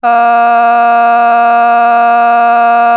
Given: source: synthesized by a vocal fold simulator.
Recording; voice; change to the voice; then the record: sustained vowel; female; a random mix of aspiration noise, stiffness perturbation and strain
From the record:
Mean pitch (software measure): 235 Hz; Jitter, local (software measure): 0.60%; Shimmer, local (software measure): 3.5%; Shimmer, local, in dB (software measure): 0.30 dB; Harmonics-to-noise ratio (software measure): 22.9 dB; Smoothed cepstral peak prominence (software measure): 19.7 dB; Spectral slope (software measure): -17.9 dB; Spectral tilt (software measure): -8.1 dB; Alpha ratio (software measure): -8.4 dB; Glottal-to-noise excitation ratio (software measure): 0.981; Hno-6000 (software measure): 1.9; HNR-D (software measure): 40.1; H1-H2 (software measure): -1.8 dB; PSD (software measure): 3.3e-05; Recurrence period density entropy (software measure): 0.118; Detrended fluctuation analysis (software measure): 0.0106